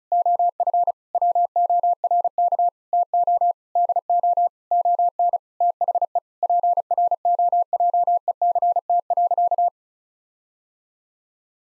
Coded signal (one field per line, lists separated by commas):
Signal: Morse code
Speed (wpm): 36 wpm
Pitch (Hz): 700 Hz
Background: none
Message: OF WORK TO DO ON THE PROJECT.